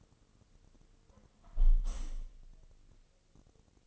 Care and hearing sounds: daily activity, microphone in the room; close window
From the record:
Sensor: 4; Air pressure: 1000.7 hPa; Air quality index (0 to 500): 242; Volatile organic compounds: 40 ppm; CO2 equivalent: 3144 ppm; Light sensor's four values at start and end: 9/21/8/8 and 9/20/8/8

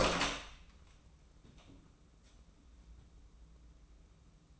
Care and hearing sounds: daily activity, microphone in the room; open door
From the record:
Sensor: 1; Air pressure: 994.3 hPa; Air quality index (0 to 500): 215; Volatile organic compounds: 1000 ppm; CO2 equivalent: 7725 ppm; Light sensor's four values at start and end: 121/274/124/138 and 124/281/127/142

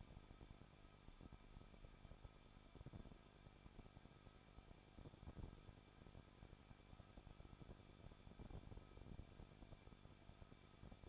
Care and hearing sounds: daily activity, microphone in the room; no activity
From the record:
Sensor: 5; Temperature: 20.8 degrees Celsius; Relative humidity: 38.2%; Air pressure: 1006.5 hPa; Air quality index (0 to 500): 186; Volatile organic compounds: 18 ppm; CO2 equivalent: 2609 ppm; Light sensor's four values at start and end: 2/3/1/1 and 2/3/1/1

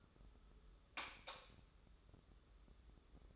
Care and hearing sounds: daily activity, microphone in the room; light off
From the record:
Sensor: 3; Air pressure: 995.3 hPa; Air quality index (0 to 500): 83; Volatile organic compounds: 7 ppm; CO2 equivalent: 2004 ppm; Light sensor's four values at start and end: 12/31/13/12 and 9/22/9/9

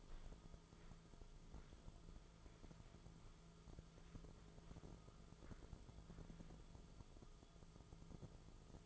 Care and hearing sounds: daily activity, microphone in the room; walk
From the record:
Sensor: 5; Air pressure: 1005.6 hPa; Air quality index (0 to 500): 93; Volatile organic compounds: 2 ppm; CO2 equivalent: 1132 ppm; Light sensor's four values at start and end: 33/77/31/29 and 33/77/31/29

